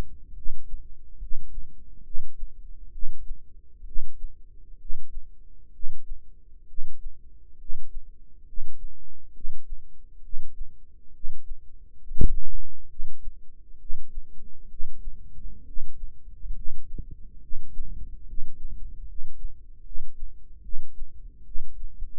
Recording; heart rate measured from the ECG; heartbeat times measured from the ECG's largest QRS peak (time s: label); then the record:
heart sounds by microphone in the right ear; 68 bpm
0.34 s: heartbeat
1.19 s: heartbeat
2.03 s: heartbeat
2.91 s: heartbeat
3.84 s: heartbeat
4.77 s: heartbeat
5.71 s: heartbeat
6.66 s: heartbeat
7.57 s: heartbeat
8.45 s: heartbeat
9.32 s: heartbeat
10.21 s: heartbeat
11.12 s: heartbeat
11.98 s: heartbeat
12.87 s: heartbeat
13.77 s: heartbeat
14.68 s: heartbeat
15.64 s: heartbeat
16.54 s: heartbeat
17.40 s: heartbeat
18.25 s: heartbeat
19.05 s: heartbeat
19.82 s: heartbeat
20.61 s: heartbeat
21.44 s: heartbeat
From the record:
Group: healthy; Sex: male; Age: 35 years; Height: 180 cm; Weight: 86.9 kg